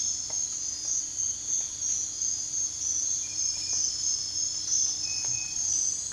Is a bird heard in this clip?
no